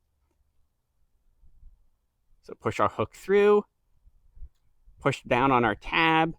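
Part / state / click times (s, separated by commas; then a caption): wiper blade adapter onto J-hook wiper arm / not seated / none. A J-hook wiper arm on a 2021 Kia Telluride is pushed through the adapter of a Bosch ICON wiper blade and lined up before the blade is pushed home, with faint low handling sounds before someone talks. The blade has not seated and no click has happened yet.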